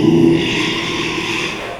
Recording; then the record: squeal of a Yucatan mini pig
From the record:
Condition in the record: after surgery on the right vocal fold (resection and tissue-engineered implant); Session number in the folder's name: 1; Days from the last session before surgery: 6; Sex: male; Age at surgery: 12 weeks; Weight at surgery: 13 kg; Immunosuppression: cyclosporine, prednisolone